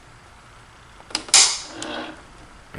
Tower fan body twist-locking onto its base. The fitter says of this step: it only fits one way as you can see right there and you're gonna hear it snap when I turn it